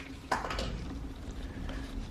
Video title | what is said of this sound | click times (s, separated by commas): 2011-2013 Hyundai Sonata Hybrid - Window Regulator and Door Lock Actuator Replacement | So it's all snapped into place there. | 0.3 s